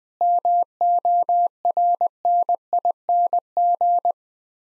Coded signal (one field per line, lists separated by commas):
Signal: Morse code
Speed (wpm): 20 wpm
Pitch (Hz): 700 Hz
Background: none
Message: MORNING